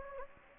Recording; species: mosquito wingbeat signal from an infrared sensor; Anopheles gambiae